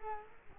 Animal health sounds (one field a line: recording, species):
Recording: mosquito wingbeat signal from an infrared sensor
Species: Culex quinquefasciatus